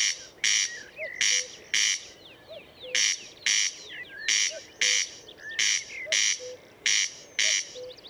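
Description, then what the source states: Corn crake harsh call, two-part crex crex rasps repeated regularly, while other small birds chirp and whistle behind. Murnauer Moos, Germany, 29 May 2014.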